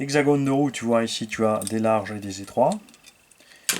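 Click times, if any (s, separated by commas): 3.7 s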